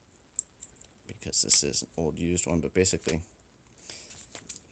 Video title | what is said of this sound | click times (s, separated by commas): How Its Made - Hawaiian Koa Swiss Army Knife Scales - CA glue finish🤙🏼🌴 | pop it off this one's probably filthy underneath | 0.4 s